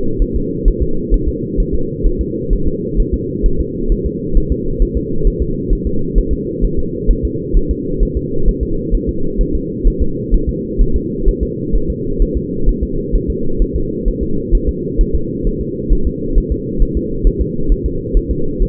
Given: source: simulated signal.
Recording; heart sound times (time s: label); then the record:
fetal heart sounds
0.22 s: S1
0.36 s: S2
0.68 s: S1
0.82 s: S2
1.14 s: S1
1.28 s: S2
1.60 s: S1
1.75 s: S2
2.06 s: S1
2.21 s: S2
2.53 s: S1
2.68 s: S2
3.00 s: S1
3.14 s: S2
3.46 s: S1
3.60 s: S2
3.92 s: S1
4.06 s: S2
4.37 s: S1
4.52 s: S2
4.82 s: S1
4.97 s: S2
5.27 s: S1
5.42 s: S2
5.73 s: S1
5.87 s: S2
6.18 s: S1
6.33 s: S2
6.64 s: S1
6.79 s: S2
7.11 s: S1
7.25 s: S2
7.57 s: S1
7.71 s: S2
8.03 s: S1
8.17 s: S2
8.48 s: S1
8.63 s: S2
8.94 s: S1
9.09 s: S2
9.41 s: S1
9.55 s: S2
9.88 s: S1
10.02 s: S2
10.34 s: S1
10.49 s: S2
10.81 s: S1
10.96 s: S2
11.28 s: S1
11.43 s: S2
11.75 s: S1
11.90 s: S2
12.22 s: S1
12.37 s: S2
12.69 s: S1
12.83 s: S2
13.16 s: S1
13.30 s: S2
13.62 s: S1
13.76 s: S2
14.08 s: S1
14.23 s: S2
14.55 s: S1
14.69 s: S2
15.01 s: S1
15.15 s: S2
15.47 s: S1
15.61 s: S2
15.93 s: S1
16.07 s: S2
16.38 s: S1
16.52 s: S2
16.82 s: S1
16.97 s: S2
17.27 s: S1
17.41 s: S2
17.72 s: S1
17.86 s: S2
18.17 s: S1
18.31 s: S2
18.62 s: S1
From the record:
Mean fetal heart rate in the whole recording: 130 bpm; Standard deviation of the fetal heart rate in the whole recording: 2 bpm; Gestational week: 38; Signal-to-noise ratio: -8.1 dB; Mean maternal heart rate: 72 bpm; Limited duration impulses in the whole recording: absent